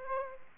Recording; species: mosquito wingbeat signal from an infrared sensor; Aedes aegypti